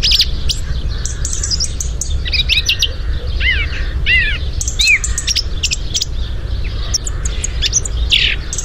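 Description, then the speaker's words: Song thrush song, bright repeated whistled phrases and sharp chirps against a constant low background rumble. One of the first songbirds to be heard in Ireland at this time of year. "that's the sound of a song thrush, and it's one of the first songbirds you'll hear at this time of year in Ireland."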